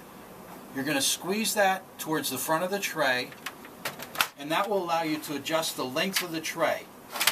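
Someone talks while a gray lever inside a printer paper tray is squeezed toward the front of the tray to adjust the length of the adjustable tray extension, with a few brief handling knocks around 3.9, 4.2 and 7.3 seconds. Nothing has seated or snapped into place yet.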